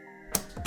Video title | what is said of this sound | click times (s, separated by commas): $500 Budget Gaming PC Build Guide - GTX 1050 Ti (w/ Benchmarks) | go ahead and push it down until you hear it click just | 0.3 s